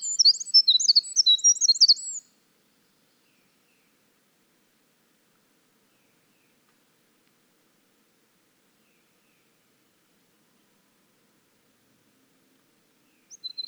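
Winter wren song: a rapid burst of high, tumbling notes and trills lasting about two seconds, then a long silence and a brief high note at the very end.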